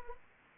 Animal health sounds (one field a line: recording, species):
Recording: mosquito wingbeat signal from an infrared sensor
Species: Anopheles arabiensis